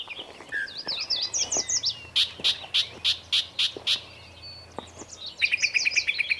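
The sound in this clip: Bird song: twittering phrases, then a steady series of loud sharp notes, and a closing quick trill of high notes.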